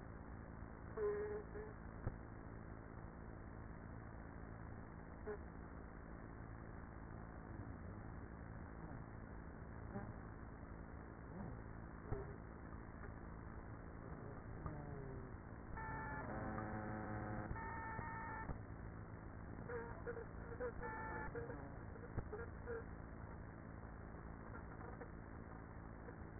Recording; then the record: honeybee colony, microphone inside the hive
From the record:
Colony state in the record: queenless with a low population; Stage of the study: after two queens were removed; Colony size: about 30,000 bees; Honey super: no